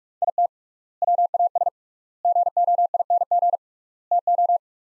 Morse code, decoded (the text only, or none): IT WAS GOING TO